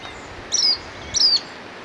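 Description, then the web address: Lemon-browed Flycatcher calls: two thin, high, slightly falling notes in quick succession over a soft background hiss. Recorded in Ecuador. "Birds of Ecuador. Lemon-browed Flycatcher"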